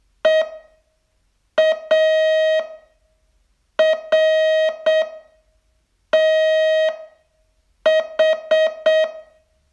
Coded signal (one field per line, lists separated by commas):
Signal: Morse code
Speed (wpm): 7 wpm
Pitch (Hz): 630 Hz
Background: music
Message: EARTH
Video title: Learn Morse in 42 Days from VU2LAU - day 28 test